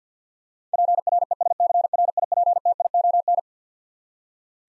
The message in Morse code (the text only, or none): PRESCRIPTION